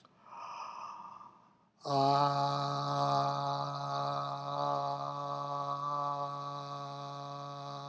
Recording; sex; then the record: sustained vowel /a/; male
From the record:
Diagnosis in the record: healthy control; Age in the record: 70 years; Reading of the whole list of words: 64 s, 3.8 characters per second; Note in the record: marked for poor recording quality or reading difficulty